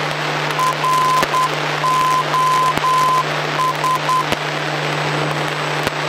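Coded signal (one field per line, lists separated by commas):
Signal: Morse code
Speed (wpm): 10 wpm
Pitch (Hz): 1020 Hz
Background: none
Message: ROS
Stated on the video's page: Heard in a Robin DR400 during basic instrument flight training, including holding over an NDB beacon and ILS and VOR DME approaches.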